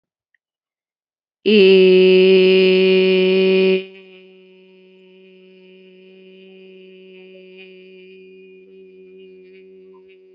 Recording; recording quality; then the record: sustained vowel as in made; excellent, no background noise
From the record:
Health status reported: healthy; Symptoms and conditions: none ticked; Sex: female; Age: 27 years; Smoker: not ticked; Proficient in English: yes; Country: India